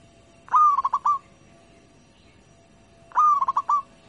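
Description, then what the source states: Zebra dove song: two short phrases, each a clear rising coo followed by three quick staccato notes, with a pause of about two seconds between them. Local-type zebra dove.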